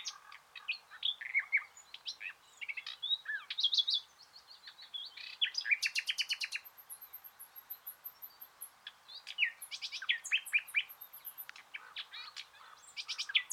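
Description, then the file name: Common nightingale song with varied whistles, rapid trills and repeated chirps. "Luscinia megarhynchos"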